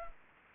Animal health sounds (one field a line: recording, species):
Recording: mosquito wingbeat signal from an infrared sensor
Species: Aedes aegypti